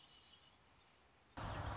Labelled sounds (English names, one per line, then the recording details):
Red-winged Blackbird
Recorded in Sonoma County, California